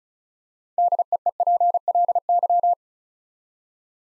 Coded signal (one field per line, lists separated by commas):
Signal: Morse code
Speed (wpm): 33 wpm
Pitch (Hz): 700 Hz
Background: none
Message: DEEPLY